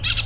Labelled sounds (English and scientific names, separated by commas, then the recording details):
Brown-throated Parakeet (Eupsittula pertinax) contact call
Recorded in Venezuela
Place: Cerro Saroche, Hato Dalmatela, Edo. Lara
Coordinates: 10.149, -69.534